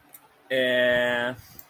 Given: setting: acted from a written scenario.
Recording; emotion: vocal sound without words; embarrassment